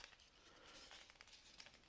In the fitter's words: famous last words and then it clicks into place